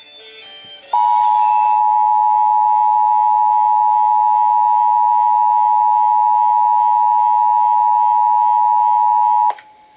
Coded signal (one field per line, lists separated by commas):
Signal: Emergency Alert System (SAME) tones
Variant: 853 and 960 Hz attention tone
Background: music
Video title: I LEFT IT AT HOME... EAS Tests from May, 2021 (EAS #5,763 - 5,774)